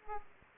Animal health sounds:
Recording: mosquito wingbeat signal from an infrared sensor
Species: Aedes aegypti

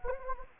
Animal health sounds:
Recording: mosquito wingbeat signal from an infrared sensor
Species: Anopheles gambiae

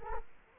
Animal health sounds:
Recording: mosquito wingbeat signal from an infrared sensor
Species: Culex quinquefasciatus

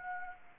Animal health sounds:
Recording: mosquito wingbeat signal from an infrared sensor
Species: Anopheles arabiensis

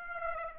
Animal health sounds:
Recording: mosquito wingbeat signal from an infrared sensor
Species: Aedes aegypti

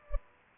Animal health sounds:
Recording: mosquito wingbeat signal from an infrared sensor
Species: Culex pipiens

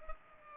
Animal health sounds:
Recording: mosquito wingbeat signal from an infrared sensor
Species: Culex pipiens

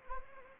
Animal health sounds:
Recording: mosquito wingbeat signal from an infrared sensor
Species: Anopheles arabiensis

